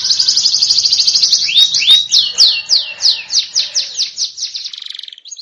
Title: Canto Para Esquentar Canário Belga. MASTERAN SUARA BURUNG KENARI GACOR PANJANG